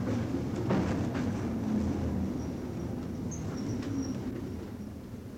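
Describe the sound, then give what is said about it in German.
A tram driven fast through empty streets, past Eschweiler Weg, Kronstädter Platz and Alter Markt towards Rabestraße, rumbles with a steady, dense low roar and occasional clanks, while a faint, thin high-pitched squeal rises midway as it begins to slow. “Und Franz fährt mit Karacho. Die Straßen sind ja leer.”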